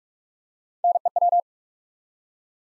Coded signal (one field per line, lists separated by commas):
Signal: Morse code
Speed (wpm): 44 wpm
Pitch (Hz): 700 Hz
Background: none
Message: NEW